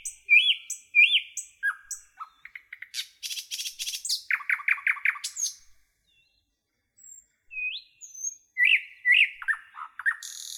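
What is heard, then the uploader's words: A nightingale sings in a rich, varied phrase: rising whistles, rapid clicking trills, and a run of repeated chirps in the middle. After a brief silence near six seconds, it resumes with sliding whistles and bright notes. No other sounds intrude. A Beautiful Nightingale Song.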